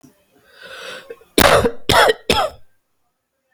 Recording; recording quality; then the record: heavy voluntary cough; excellent, no background noise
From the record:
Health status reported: healthy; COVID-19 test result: not tested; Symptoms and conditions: none ticked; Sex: male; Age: 39 years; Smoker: not ticked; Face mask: not worn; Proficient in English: yes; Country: India